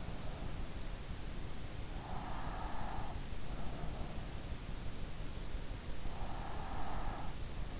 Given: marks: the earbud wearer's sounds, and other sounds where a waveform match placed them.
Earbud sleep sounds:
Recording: sounds in sleep by an in-ear microphone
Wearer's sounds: breath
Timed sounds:
1.76-3.41 s: breath
6.06-7.62 s: breath

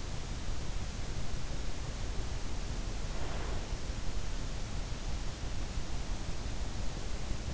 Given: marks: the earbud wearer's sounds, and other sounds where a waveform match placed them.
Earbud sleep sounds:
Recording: sounds in sleep by an in-ear microphone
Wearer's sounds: breath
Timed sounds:
3.19-3.90 s: breath

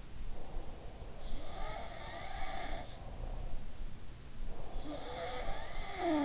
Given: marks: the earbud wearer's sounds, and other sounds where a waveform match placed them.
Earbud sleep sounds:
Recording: sounds in sleep by an in-ear microphone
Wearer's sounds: breath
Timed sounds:
0.30-1.28 s: breath
1.29-3.63 s: sound from someone else or the room
4.51-6.25 s: sound from someone else or the room

